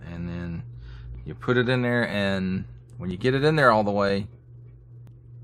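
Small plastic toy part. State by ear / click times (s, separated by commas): not seated / none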